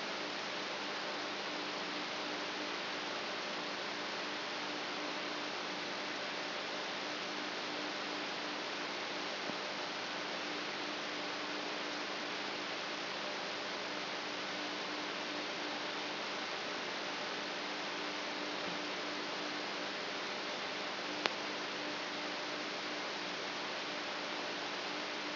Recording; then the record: brain microelectrode recording played as sound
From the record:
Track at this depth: inside the subthalamic nucleus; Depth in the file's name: 8.137 mm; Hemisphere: left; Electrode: 3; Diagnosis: Parkinson's disease